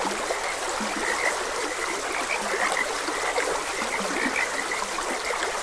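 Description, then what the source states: Chorus of frogs giving quick clipped croaks, some lower grunting notes among them, above the continuous hiss and babble of flowing water. Frogs croaking beside a gentle stream.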